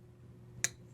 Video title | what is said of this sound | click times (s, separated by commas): Review/impression of my Chris Reeve Knives hollow ground & carbon fiber inlayed Large Sebenza knife | no pivot lash and listen to that click when it closes | 0.6 s